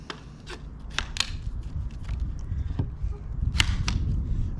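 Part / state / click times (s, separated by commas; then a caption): kayak paddle mid section into adjoining shaft section / seated / 3.6 s, 3.9 s. The mid piece of an Aquaglide Crux 4-piece, 240 centimetre kayak paddle is pushed onto the adjoining shaft section. Sharp clicks and light rubbing are heard before the push-button lock engages with clicks at 3.6 s and 3.9 s, seating the section firmly.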